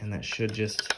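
A branded plastic bolt cover is handled over the tightened handlebar bolts on a Yesoul S3 exercise bike frame while someone talks. A few light taps come near the end, but nothing has seated or clicked yet.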